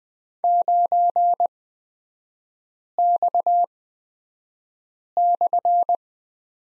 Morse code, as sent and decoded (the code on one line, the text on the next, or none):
----. -..- -..-.
9X/